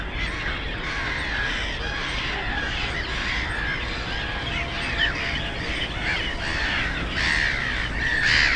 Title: Żabie Doły, Bytom, Polska - Black-headed gulls at Frog Ponds complex